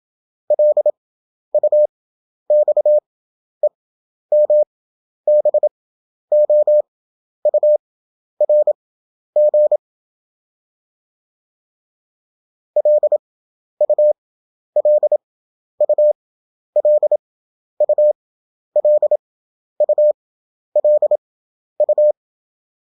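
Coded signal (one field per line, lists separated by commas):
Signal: Morse code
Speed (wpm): 27 wpm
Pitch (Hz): 600 Hz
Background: none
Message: LUXEMBOURG LU LU LU LU LU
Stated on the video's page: Morse practice at 27 wpm character speed with 11 wpm effective (Farnsworth) spacing; European country abbreviations, each repeated five times after the country is spelled out.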